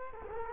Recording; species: mosquito wingbeat signal from an infrared sensor; Culex quinquefasciatus